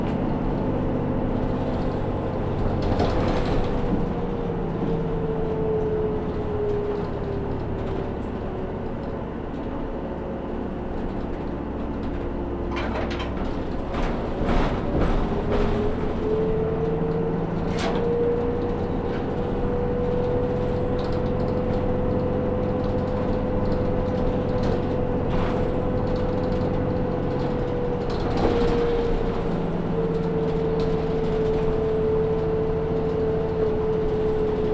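A bus ride from inside the cabin: a steady low engine drone with a whining tone that sinks and climbs again as the bus slows and speeds up. Rattles and knocks break through around 3, 14 to 18 and 28 seconds, with faint high chirps overhead.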